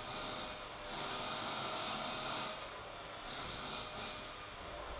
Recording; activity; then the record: daily activity, microphone in the room; vacuum cleaning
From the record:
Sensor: 5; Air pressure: 1009.7 hPa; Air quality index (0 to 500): 167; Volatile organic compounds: 4 ppm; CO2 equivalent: 1619 ppm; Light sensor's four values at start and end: 110/288/118/127 and 110/288/118/127